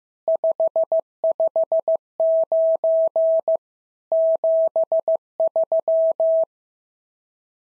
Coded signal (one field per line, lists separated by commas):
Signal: Morse code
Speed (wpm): 15 wpm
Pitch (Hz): 650 Hz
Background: none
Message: 559 73